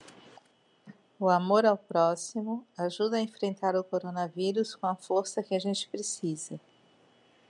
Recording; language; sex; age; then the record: spoken sentence; Brazilian Portuguese; female; 50 to 59 years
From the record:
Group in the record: control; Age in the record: 54 years